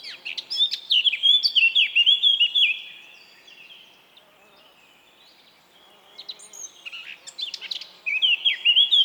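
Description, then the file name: Eurasian blackcap giving bright warbled phrases that end in fluty whistles, one at the start and another after a quiet gap of a few seconds. "Sylvia atricapilla"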